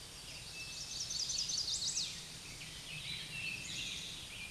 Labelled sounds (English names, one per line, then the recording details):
Chestnut-sided Warbler song
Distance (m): 40 m
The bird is about 5 m above the microphone
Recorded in a Pennsylvania forest on 16 May 2024 at 07:00
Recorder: AudioMoth, point MSD-2391
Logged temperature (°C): 15.0 °C
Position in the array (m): 89 m, 68 m